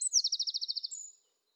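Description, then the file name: Eurasian wren phrase: one fast, high, even trill ending in a thin whistled note. "Troglodytes troglodytes"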